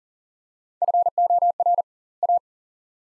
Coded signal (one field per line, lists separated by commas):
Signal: Morse code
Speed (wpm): 40 wpm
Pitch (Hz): 700 Hz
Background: none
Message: FOR A